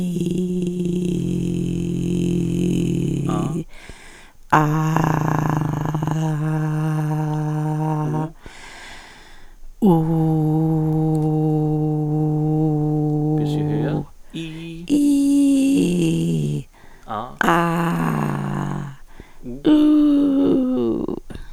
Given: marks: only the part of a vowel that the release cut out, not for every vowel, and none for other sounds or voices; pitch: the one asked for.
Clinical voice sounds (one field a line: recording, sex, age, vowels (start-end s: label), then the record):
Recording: sustained vowels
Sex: female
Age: 70 to 79 years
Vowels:
0.00-1.95 s: vowel /i/, normal pitch
5.27-7.19 s: vowel /a/, normal pitch
12.15-13.35 s: vowel /u/, normal pitch
14.97-16.46 s: vowel /i/, high pitch
17.56-18.71 s: vowel /a/, high pitch
19.80-20.96 s: vowel /u/, high pitch
From the record:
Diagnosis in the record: presbyphonia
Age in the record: 79 years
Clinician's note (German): Stimmlippenvarizen links